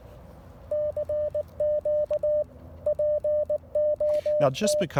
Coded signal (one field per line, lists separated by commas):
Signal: Morse code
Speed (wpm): 19 wpm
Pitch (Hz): 600 Hz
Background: speech, radio noise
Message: CQ POT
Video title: Pairing the Icom IC-705 with the Elecraft AX1 antenna at a POTA activation. Can this work?